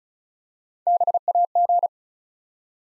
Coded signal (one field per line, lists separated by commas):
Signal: Morse code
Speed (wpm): 36 wpm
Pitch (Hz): 700 Hz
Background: none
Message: BAG